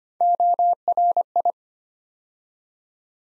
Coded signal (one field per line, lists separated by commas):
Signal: Morse code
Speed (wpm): 25 wpm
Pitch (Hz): 700 Hz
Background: none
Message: ORI